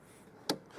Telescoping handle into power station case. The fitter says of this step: that locks in place now this power station uses something called Gan